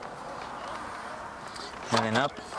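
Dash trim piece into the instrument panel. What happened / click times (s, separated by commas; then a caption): The trim piece is being lined up; no snap yet / none. A dash trim piece on a Chrysler Town and Country is guided through a gap and lined up with its holes in the instrument panel during a WIN module replacement. Someone talks over low handling noise, with a louder voiced stretch near 1.9–2.3 s. Nothing has snapped or clicked into place yet.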